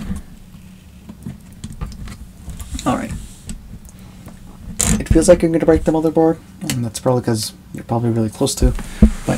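A CPU retention lever on a motherboard socket is pushed down with a lot of pressure, straining until it latches with a sharp metal snap at 4.8 s. Someone talks throughout. The lever is seated and locked.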